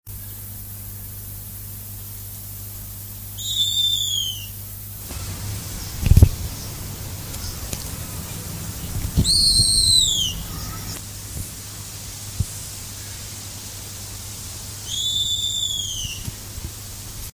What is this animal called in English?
Snowy Owl